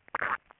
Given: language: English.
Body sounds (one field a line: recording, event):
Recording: throat vibration sensor signal played as sound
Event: swallow